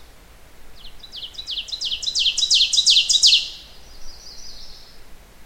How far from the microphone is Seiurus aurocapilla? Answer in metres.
about 5 m